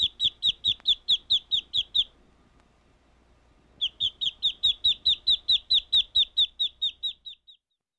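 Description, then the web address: Duck peeping: loud, steady run of rapid, high, downslurred peeps, pausing for almost two seconds and then resuming evenly until it stops. "утки"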